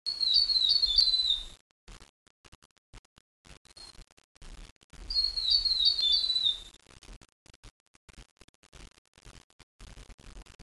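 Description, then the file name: Tomtit song: two high, quick warbled phrases of about one and a half seconds each, separated by several seconds of quiet. "miromiro"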